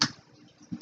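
A small plastic retainer clip is snapped onto a push-fit water line fitting on an RO booster pump system to lock the tube in place. A sharp click at 0.0 s is followed by quiet low rustling and a softer tap near the end. The clip seats and locks the tube.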